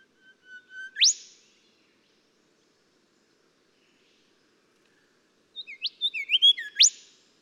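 Golden whistler song: two phrases of rapid whistled notes, each building to a loud, abrupt rising crack at the end, separated by several seconds of silence.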